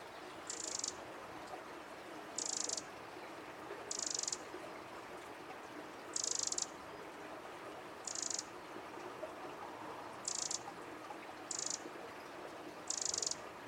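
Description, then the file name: Eurasian wren repeating brief, high-pitched buzzy rattles roughly every one to two seconds, eight bursts in all, with constant faint background noise. "Troglodytes troglodytes"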